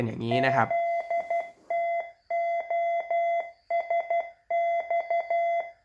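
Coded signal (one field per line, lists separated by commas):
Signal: Morse code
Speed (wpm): 12 wpm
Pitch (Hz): 680 Hz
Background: speech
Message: ZTOSX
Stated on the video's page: Morse listening practice received on Yaesu mobile radios.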